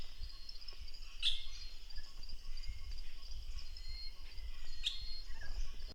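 Velvet-mantled drongo giving two sharp, metallic single call notes several seconds apart over a steady high insect drone and low rumbling background noise.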